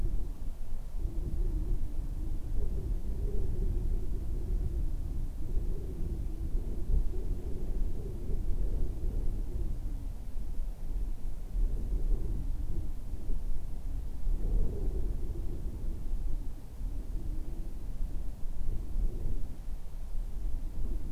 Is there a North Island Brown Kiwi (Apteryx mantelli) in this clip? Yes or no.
no